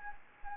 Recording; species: mosquito wingbeat signal from an infrared sensor; Anopheles gambiae